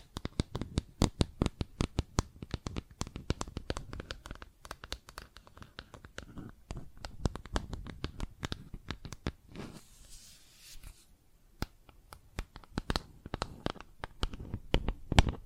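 Plastic objects are tapped in quick, irregular bursts, sharp clicks coming several per second with brief pauses. Around ten seconds the tapping gives way to a soft, hissy scratching before the clicking resumes, growing louder and denser toward the end.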